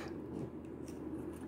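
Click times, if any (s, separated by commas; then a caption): none. A plastic accessory piece is being handled and clipped toward the front torso of a Jada Toys Ultra Street Fighter II M. Bison action figure, making soft, steady plastic rubbing and rustling sounds with no sharp transient. Nothing has snapped or seated yet by the end of the clip.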